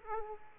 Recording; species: mosquito wingbeat signal from an infrared sensor; Aedes aegypti